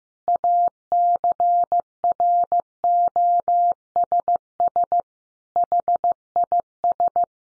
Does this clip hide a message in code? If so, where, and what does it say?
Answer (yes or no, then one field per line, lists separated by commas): yes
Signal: Morse code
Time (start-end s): 0.3-7.2 s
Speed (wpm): 15 wpm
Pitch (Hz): 700 Hz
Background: none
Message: ACROSS HIS